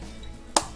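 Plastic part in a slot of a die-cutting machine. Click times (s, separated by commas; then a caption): 0.6 s. A plastic part in a slot of a Spellbinders Platinum 6 die-cutting machine, not yet fully in, is pushed further in with a flathead screwdriver. After a low, steady background, a single sharp, bright click sounds at 0.6 s as the part pops into place and is seated.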